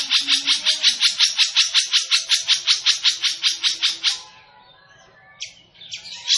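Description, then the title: Long-tailed shrike song, a rapid, very regular run of loud scratchy notes that stops abruptly, then a pause and a few sharp chirps. Singing bird described as 'gacor', a local term for a bird in full, vigorous song. "Cendet Gacor"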